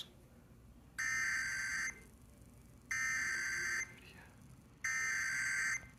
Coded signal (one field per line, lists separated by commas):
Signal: Emergency Alert System (SAME) tones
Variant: header bursts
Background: speech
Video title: Amber Alert Phoenix Fail (no wea, tv, or weather radio alert) also pre EAS message said "Test"